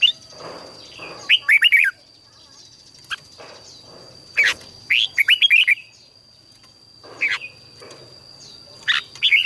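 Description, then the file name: Red-whiskered bulbul song: short bright warbled phrases and single notes, repeated several times with pauses, a steady high whine throughout. "Tieng chao mao hot"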